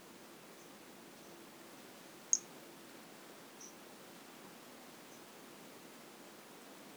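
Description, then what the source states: White-lined pumpkin toadlet chirps once sharply and high, among a few faint short peeps, with steady soft hiss behind. Recorded in 2018.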